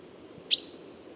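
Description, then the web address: Common chaffinch call: one sharp, high chip with a short ringing tail, given once, over a faint low background hum. "SETE data Fringilla coelebs"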